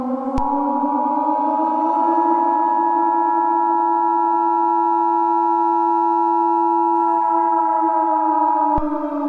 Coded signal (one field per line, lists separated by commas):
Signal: Emergency Alert System (SAME) tones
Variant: 853 and 960 Hz attention tone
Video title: EAS Mini Scenario - COPPA Riots